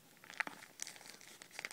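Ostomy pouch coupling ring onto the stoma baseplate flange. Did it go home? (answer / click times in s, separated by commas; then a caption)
no / none. A plastic ostomy pouch for a urinary diversion is turned around and handled as its coupling ring is brought to the skin-mounted stoma baseplate flange. The plastic crinkles, with sharp ticks at about 0.4, 0.5, 0.8 and 1.6 seconds. The ring has not yet snapped onto the flange, and nothing has seated or clicked yet.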